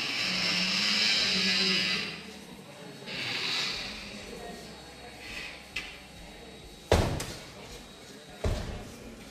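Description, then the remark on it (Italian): A metal gate at the Biennale exhibition swings 180 degrees and slams twice against a wall, two sharp, ringing bangs a second or so apart, after a stretch of soft hissing, breathy rushes. “Abbiamo un cancello che sbatte contro un muro e gira di nuovo di 180 gradi, sbattendo da una parte all'altra di un muro con una certa cattiveria.”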